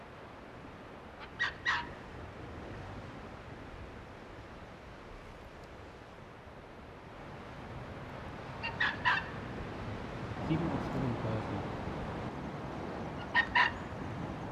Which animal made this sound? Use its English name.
Arctic Fox